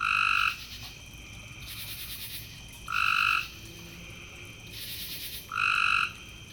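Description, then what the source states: Frog calling with three steady whistled notes, each about half a second long, spaced roughly two and a half seconds apart, between bursts of high buzzy background sound. Frogs calling in the evening.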